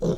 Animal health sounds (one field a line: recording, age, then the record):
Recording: pig call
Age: piglet (1 to 25 days)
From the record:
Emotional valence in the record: negative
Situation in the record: long isolation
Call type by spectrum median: low-frequency call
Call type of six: low-frequency tonal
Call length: 0.17 s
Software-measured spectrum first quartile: 167 Hz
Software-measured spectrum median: 326 Hz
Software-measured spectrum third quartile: 500 Hz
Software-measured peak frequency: 170 Hz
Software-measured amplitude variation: 111 dB a second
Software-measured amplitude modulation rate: 14.3 a second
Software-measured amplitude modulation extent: 7.8 dB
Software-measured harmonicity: 2.2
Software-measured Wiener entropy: -0.54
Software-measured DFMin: 1175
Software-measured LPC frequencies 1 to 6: 464, 3610, 5729, 6166, 7084, 7951 Hz